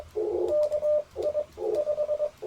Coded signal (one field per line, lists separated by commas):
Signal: Morse code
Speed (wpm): 21 wpm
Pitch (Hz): 600 Hz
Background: none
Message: KI5